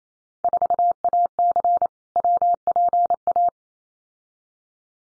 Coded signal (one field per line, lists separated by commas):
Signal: Morse code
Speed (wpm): 28 wpm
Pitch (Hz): 700 Hz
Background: none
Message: 4AC WPA